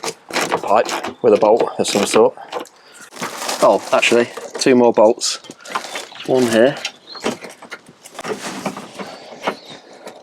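Someone talks while working on the front bumper of a crash-damaged Porsche Cayman during a driveway repair, trying to fit the plastic bumper trim into its clip on the car body. Light knocks and scrapes sound around 7.6 to 8.8 seconds. Nothing has seated or clicked yet: the trim fails to seat because the little black plastic hook clip on the other side is broken and not correctly aligned.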